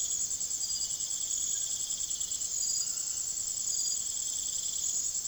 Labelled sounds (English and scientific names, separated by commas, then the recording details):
none
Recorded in secondary vegetation near Puerto Asís, Putumayo, Colombia, on 19 June 2025 at 02:00
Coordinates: 0.489, -76.322
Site G021